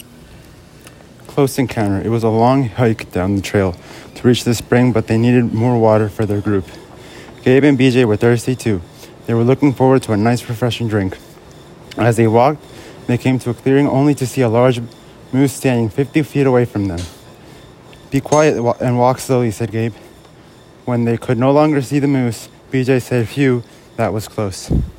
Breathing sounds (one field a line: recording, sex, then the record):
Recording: reading aloud after running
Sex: male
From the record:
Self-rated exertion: light exertion (2 of 6)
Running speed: 6 miles an hour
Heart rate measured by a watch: 161 beats a minute at the start, 156 at the end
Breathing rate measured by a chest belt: 26 breaths a minute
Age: 19 years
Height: 175 cm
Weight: 69 kg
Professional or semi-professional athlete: no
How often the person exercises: 1 to 2 times a week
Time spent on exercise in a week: 1 to 2 hours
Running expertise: no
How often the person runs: under once a week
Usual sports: soccer